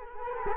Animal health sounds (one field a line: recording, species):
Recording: mosquito wingbeat signal from an infrared sensor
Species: Culex quinquefasciatus